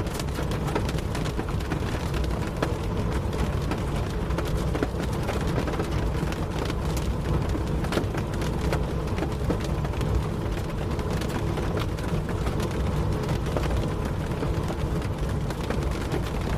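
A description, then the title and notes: A train rolls on with a steady, heavy low rumble that never lets up, while rain patters against the window in dense, irregular ticks and taps across the whole stretch. The level stays even throughout, with no distinct events standing out. Train in the Rain. Train ride while rain patters on the window.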